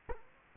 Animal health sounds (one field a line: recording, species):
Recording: mosquito wingbeat signal from an infrared sensor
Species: Culex quinquefasciatus